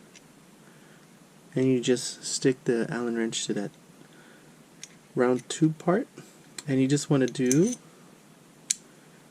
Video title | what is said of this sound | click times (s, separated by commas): UltraView Archery Product Review & Installation | hand tight and hear a click, and | 8.7 s